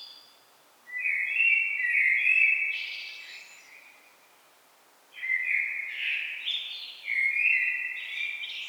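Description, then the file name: Common blackbird delivering rich fluted phrases that end in high scratchy twitters, a pause, then two more phrases in quick succession. "Turdus merula"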